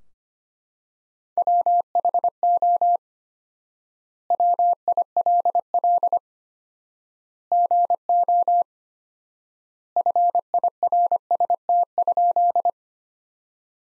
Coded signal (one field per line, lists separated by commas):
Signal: Morse code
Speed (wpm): 25 wpm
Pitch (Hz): 700 Hz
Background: none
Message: WHO WILL GO FIRST?